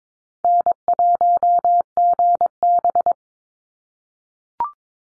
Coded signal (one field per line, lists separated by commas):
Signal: Morse code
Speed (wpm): 22 wpm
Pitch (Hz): 700 Hz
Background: none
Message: N1GB